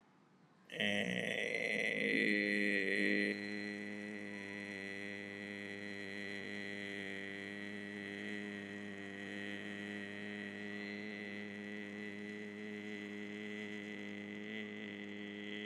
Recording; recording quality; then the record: sustained vowel as in made; excellent, no background noise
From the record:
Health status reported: COVID-19 positive, moderate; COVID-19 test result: positive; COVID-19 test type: RT-PCR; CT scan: not taken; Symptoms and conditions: cough, sore throat, fever, fatigue, muscle pain, another condition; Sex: male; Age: 48 years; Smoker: no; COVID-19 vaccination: both doses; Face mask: worn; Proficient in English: yes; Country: India